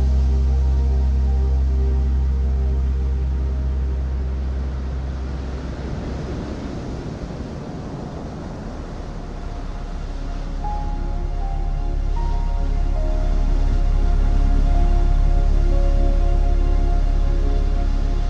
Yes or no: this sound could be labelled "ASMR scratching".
no